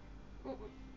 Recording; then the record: background sound without coughing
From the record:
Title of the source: BackgroundMusic